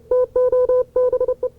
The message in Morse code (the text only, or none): TO BE